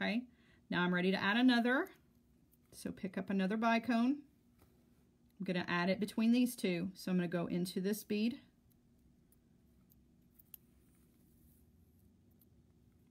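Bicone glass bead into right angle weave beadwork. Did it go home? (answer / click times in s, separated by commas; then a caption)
yes / 10.5 s. A bicone glass bead is added between two beads in right angle weave beadwork while someone talks. After the talking stops, the thread is pulled through and the bead pops into place with a small, sharp click at 10.5 s.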